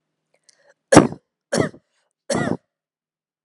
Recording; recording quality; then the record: heavy voluntary cough; excellent, no background noise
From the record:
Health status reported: healthy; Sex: male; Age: 26 years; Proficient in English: yes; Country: India